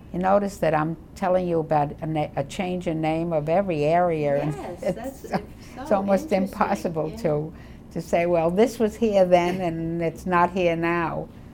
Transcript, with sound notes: You notice that I'm telling you about a na—a change in name of every area in—
Yes. That's— [chuckles] —so interesting.
It's almost impossible to—to say, "Well, this was here then and it's not here now."